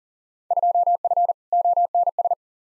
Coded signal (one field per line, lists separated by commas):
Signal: Morse code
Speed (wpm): 37 wpm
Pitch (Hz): 700 Hz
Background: none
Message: 2F ONS